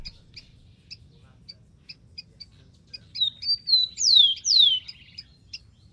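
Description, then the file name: Rufous-collared sparrow: a gentle level whistle, then two loud sweeping downslurs and a short trill, after scattered high chips. "canto do tico tico"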